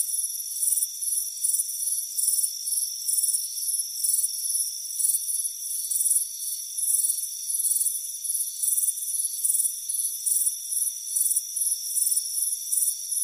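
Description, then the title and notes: Fast, shrill, pulsing cricket chirps, several a second, above a persistent high insect whine. Crickets chirping on a warm afternoon, heard from a hammock on a front porch. "Soothing Crickets Chirping Sound. It's a warm afternoon as you relax in a hammock on the front porch. Relax and fall asleep to the soothing sound of chirping crickets. Deep Sleep Sounds"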